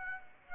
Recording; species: mosquito wingbeat signal from an infrared sensor; Aedes aegypti